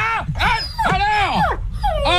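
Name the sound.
dog barking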